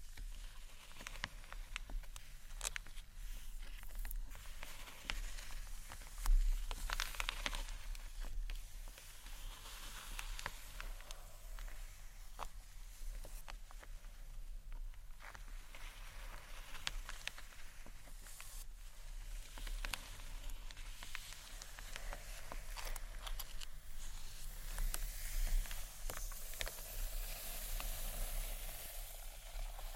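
Gentle scratching and tapping on books, with light taps and brushing strokes scattered throughout. The sounds are soft and papery, with brief sharper clicks repeating irregularly, a few standing out around six and twenty-five seconds, over a faint steady hiss.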